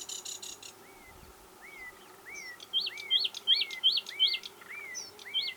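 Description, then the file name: Common nightingale singing a brief burst of rapid high notes, then a steady run of rising whistled notes, most paired with a sharper high note. "Luscinia megarhynchos"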